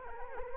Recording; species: mosquito wingbeat signal from an infrared sensor; Anopheles arabiensis